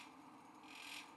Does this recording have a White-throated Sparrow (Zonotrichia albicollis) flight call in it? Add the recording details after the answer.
no. No flight call is heard. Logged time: 03:02 on 5 December 2014